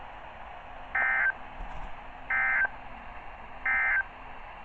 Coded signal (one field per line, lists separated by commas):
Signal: Emergency Alert System (SAME) tones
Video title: EAS Alerts